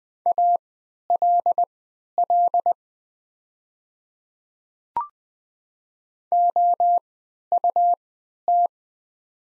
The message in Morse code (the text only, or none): ALL OUT